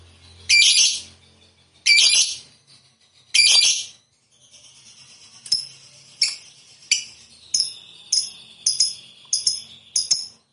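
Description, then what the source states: Lovebird calls: three harsh, loud squawks about 1.5 seconds apart, then a quick series of short sharp chirps. Lovebird described as a 'fighter' and 'gacor'.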